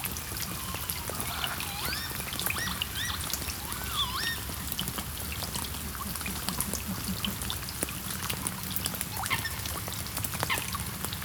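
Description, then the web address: Northern lapwing calls, several wheezy slurred notes rising and falling in the first five seconds, over steady patter of rain. "EXTREME SOUND 2. Lapwings (Vanellus Vanellus) and Rain"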